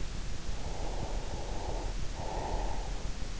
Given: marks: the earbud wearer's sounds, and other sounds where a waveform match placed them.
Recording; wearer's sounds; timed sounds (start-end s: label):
sounds in sleep by an in-ear microphone; breath
0.48-3.33 s: breath